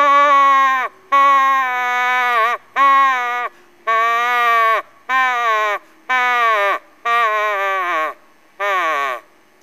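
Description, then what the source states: Moose calf giving drawn-out nasal bleats, each about a second long with a drooping end, repeated roughly once a second with brief silent gaps. Moose calf, recorded in summer.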